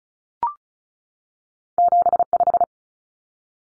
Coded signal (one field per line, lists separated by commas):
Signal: Morse code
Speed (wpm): 36 wpm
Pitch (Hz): 700 Hz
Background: none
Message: 75